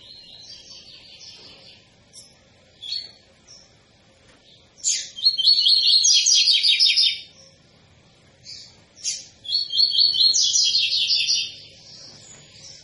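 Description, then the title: Double-collared seedeater song in bursts: short high chips, then two loud phrases of fast repeated trilled notes, each about two seconds long, separated by a pause. Tui-tui song style, used as a tutor song for teaching young birds. "COLEIRO TUI TUI FIBRA"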